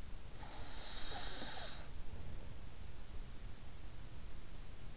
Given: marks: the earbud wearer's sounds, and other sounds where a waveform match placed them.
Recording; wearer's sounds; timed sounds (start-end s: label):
sounds in sleep by an in-ear microphone; breath
0.10-2.13 s: breath